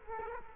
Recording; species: mosquito wingbeat signal from an infrared sensor; Culex quinquefasciatus